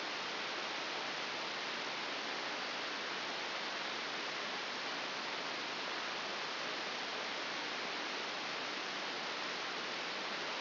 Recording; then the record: brain microelectrode recording played as sound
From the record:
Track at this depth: outside the subthalamic nucleus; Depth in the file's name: 5.898 mm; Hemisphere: left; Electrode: 2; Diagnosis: Parkinson's disease